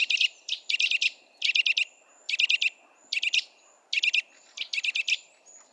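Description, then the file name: Eurasian nuthatch giving bursts of sharp, high chipping notes in quick clusters, repeated irregularly. "Sitta europaea"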